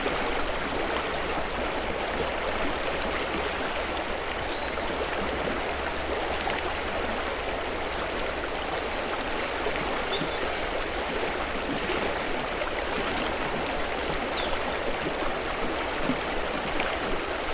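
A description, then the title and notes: Clear river water bubbles steadily through small rapids, a dense, even rush of splashing and gurgling that holds level throughout. Faint high bird chirps come through now and then, near the start, around the middle and toward the end, over a low rumble. Lullaby of a Welsh river. It's a welcome cool, overcast day by the River Usk – there is rain in the air. The water is clear and bubbling through a small set of rapids in a gently calming series of swirls and eddies. A dipper flies upstream low over the water. Recorded by Fergus Collins.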